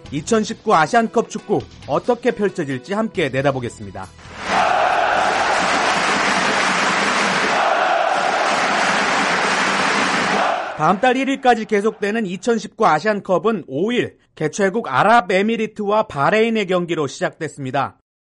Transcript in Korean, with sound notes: 2019 아시안컵 축구, 어떻게 펼쳐질지 함께 내다보겠습니다. [녹취: 축구장 관중 함성] 다음 달 1일까지 계속되는 2019 아시안컵은 5일, 개최국 아랍에미리트 와 바레인의 경기로 시작됐습니다.